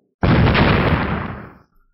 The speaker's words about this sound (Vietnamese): Hai tiếng nổ kinh thiên động địa vang lên, không gian ngân mang chớp động, bóng thanh sắc nhân ảnh đứng bất động, nhưng thân hình ma vật vừa mới hiện ra trên không trung bỗng chấn động rơi xuống.